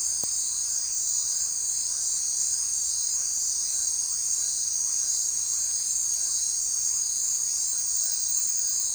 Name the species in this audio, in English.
none